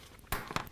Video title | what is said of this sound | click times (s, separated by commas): BIKER'S CHOICE S&S Cycle: STEP 2, PT3 Performance Upgrade | so I'll make sure it snaps into place | 0.3 s, 0.6 s